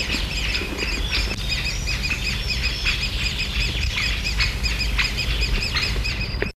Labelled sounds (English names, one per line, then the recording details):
Great Spotted Woodpecker call
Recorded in the wild
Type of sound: call
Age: juvenile
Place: Schützen am Gebirge, Burgenland, AT
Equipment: Halbspur, 9,5 cm/s
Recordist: Lütgens, Hans
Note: Junge